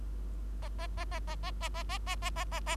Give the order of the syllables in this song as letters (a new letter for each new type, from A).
A A A A A A A A A A A A A A